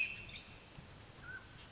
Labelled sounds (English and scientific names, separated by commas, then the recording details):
Mountain Quail (Oreortyx pictus)
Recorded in Sonoma County, California